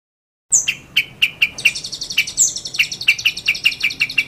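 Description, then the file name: Long-tailed shrike song: a rapid steady series of short sharp chirps, with higher thin notes and a buzzy phrase above. Master song recording used for training songbirds. "cendet master. omkicau"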